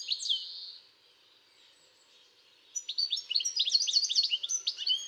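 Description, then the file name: European goldfinch giving a drawn-out high buzzy note, then after a pause a lively rapid twitter of sharp tinkling chirps. "Carduelis carduelis"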